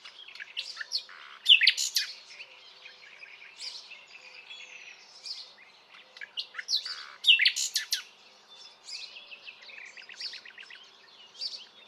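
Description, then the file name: Common nightingale song with rich varied phrases, sharp loud notes and fast trills, two louder bursts separated by softer twittering. "Luscinia megarhynchos"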